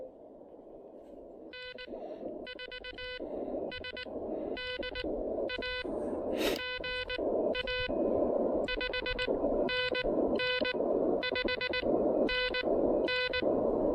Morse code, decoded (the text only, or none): N4SDA GA 5NN 5NN